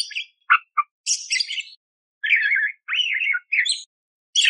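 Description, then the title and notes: Eurasian tree sparrow song with harsh chirps and scratchy, buzzy phrases, some notes dropping low, separated by brief silences. Fighting-style (tarung) song used for training cage birds. "GEREJA TARUNG. burung gereja"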